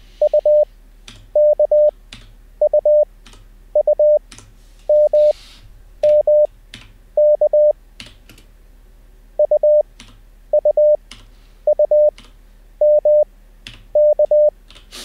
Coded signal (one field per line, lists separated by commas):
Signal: Morse code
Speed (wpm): 20 wpm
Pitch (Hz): 600 Hz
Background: none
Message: UKUUMMK UUUMK